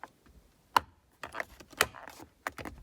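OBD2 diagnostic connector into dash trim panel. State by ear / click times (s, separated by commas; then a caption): seated / 0.8 s, 1.8 s. An OBD2 diagnostic connector on a 2002 Acura TL-S/Honda Accord is slid into its opening in the lower dash trim panel, thin side toward the installer, and pushed on top. Sharp plastic snaps are heard at 0.8 s and 1.8 s amid light handling taps and rustles. The connector is confirmed seated in the trim.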